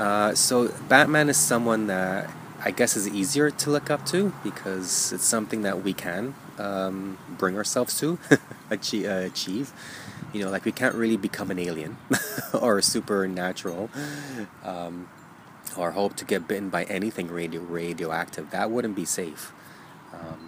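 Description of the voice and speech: An adult man who has stuttered all his life speaks fairly fluently with mild disfluencies: a part-word repetition on "achieve," a repeated "radio-radioactive," prolonged sounds and drawn-out "um" fillers between phrases, fitting mild stuttering, which is usually mild when he talks by himself. Faint street and traffic noise sits in the background.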